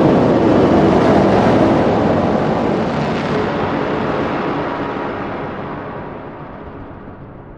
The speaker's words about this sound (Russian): Раздался оглушительный выстрел.